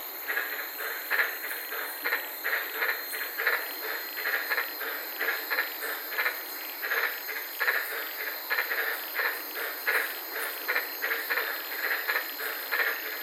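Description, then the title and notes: White-lipped tree frog calls, short pulsed croaks repeated many times in an overlapping chorus, over a steady high insect hum. Several frogs calling at night in the Daintree rainforest, Queensland, Australia, recorded from inside a car. "White Lipped Frog Podcast. I was sitting in my car in the Daintree rainforest in Queensland this night and fell asleep listening to these amazing White lipped frogs"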